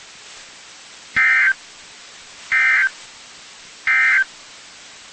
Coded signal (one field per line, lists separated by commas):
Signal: Emergency Alert System (SAME) tones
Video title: EAS #116-119 (Four Severe Thunderstorm Warnings)